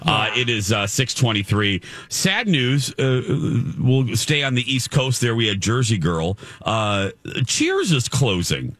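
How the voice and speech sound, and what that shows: Adult male radio host speaking normally in a conversational, newsy tone, with short pauses between phrases.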